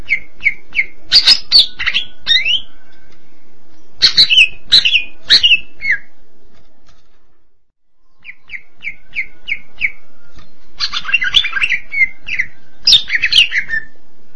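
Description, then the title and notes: Greater green leafbird: cucak ijo song alternating quick series of repeated short whistled notes with loud, complex bursts of warbling, high sweeping and buzzy notes, with a short quiet gap midway. "Suara Kicauan Burung Cucak Ijo Durasi Panjang"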